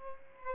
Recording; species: mosquito wingbeat signal from an infrared sensor; Aedes aegypti